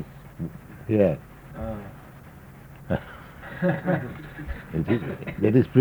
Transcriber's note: chuckles